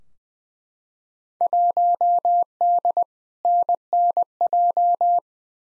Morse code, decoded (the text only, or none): 1D NNJ